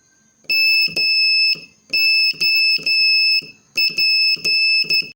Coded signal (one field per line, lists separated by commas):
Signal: Morse code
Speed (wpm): 12 wpm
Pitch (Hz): 2600 Hz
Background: none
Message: MOP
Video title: Morse Code Practice Session 8